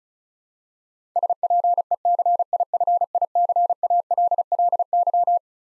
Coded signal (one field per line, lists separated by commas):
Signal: Morse code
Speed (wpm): 36 wpm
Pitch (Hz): 700 Hz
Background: none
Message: SPECIFICALLY